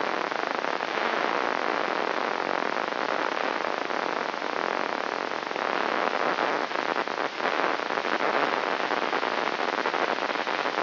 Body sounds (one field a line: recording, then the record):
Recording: brain microelectrode recording played as sound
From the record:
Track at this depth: outside the subthalamic nucleus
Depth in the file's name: 0.714 mm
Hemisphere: left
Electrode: 3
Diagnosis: Parkinson's disease